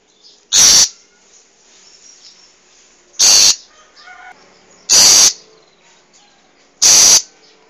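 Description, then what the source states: Long-tailed shrike giving four loud, harsh rasping notes at uneven intervals. Wild bird; recording used as a tutor for training cage birds.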